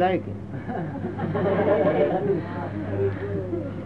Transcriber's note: laughter